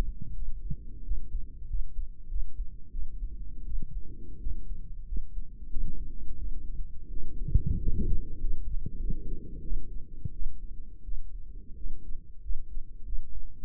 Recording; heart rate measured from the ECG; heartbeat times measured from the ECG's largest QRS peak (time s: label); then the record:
heart sounds by microphone in the right ear; 90 bpm
0.36 s: heartbeat
1.05 s: heartbeat
1.68 s: heartbeat
2.29 s: heartbeat
2.92 s: heartbeat
3.65 s: heartbeat
4.40 s: heartbeat
5.06 s: heartbeat
5.70 s: heartbeat
6.38 s: heartbeat
7.10 s: heartbeat
7.78 s: heartbeat
8.40 s: heartbeat
8.99 s: heartbeat
9.62 s: heartbeat
10.32 s: heartbeat
11.03 s: heartbeat
11.76 s: heartbeat
12.41 s: heartbeat
13.04 s: heartbeat
From the record:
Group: healthy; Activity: rest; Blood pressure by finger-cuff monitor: 111/68 mmHg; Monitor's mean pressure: 81 mmHg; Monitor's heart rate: 89 bpm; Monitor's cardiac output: 7.3 L/min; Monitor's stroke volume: 82 mL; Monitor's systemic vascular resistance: 800 dyn s/cm5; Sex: female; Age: 23 years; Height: 160 cm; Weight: 50.4 kg